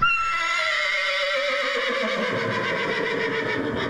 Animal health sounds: contact call of a hoofed animal; horse; whinny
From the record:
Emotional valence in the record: positive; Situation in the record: reunion with the whole group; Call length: 4.0 s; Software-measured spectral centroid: 2250 Hz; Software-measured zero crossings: 3270 a second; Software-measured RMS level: -24 dBFS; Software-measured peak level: -10 dBFS

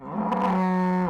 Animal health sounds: contact call of a hoofed animal; cattle; low-frequency (closed-mouth) or high-frequency (open-mouth) call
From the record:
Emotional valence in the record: negative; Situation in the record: full separation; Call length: 1.10 s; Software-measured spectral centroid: 1290 Hz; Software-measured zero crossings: 1050 a second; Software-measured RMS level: -24 dBFS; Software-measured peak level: -17 dBFS

